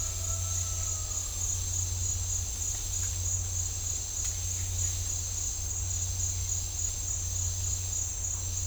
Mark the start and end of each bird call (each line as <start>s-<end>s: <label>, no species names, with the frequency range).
0.00s-1.25s: bird call (0.9-1.9 kHz)